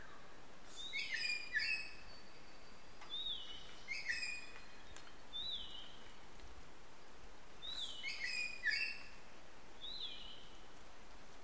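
Belford's melidectes calling: clusters of overlapping downslurred notes, repeated in bursts every few seconds over steady background noise.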